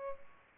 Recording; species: mosquito wingbeat signal from an infrared sensor; Culex pipiens